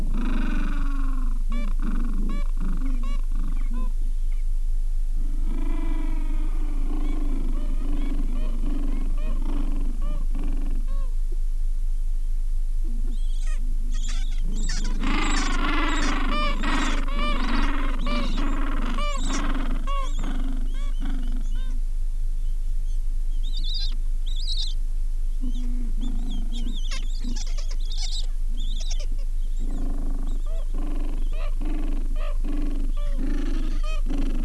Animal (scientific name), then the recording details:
Pygoscelis papua. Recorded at the colony at Ocean Harbour, on 7 January 2016. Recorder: Song Meter SM2+